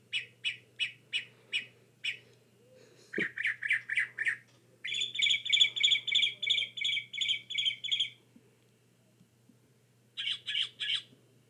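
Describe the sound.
Northern mockingbird song: a string of varied phrases, each note repeated several times in quick succession before switching to a new type, with a steady low hum behind.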